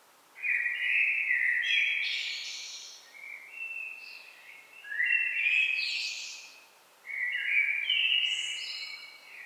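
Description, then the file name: Common blackbird song: three separate warbling phrases, each opening with low fluted notes and ending in a higher squeaky twitter, with short pauses between them. "Turdus merula"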